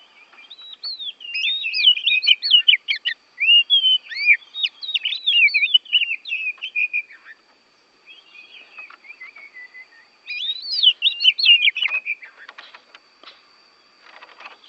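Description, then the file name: Oriental magpie-robin singing long rapid phrases of sweet, twisting whistles and chirps, pausing briefly near eight seconds, then a new burst; faint clicks near the end and a constant high whine. Oriental magpie-robin from Borneo; recording made for training songbirds (masteran). "kacer borneo"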